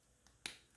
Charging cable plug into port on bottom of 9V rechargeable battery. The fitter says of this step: literally pop that into the bottom you'll hear a little click and uh you're in pop the other in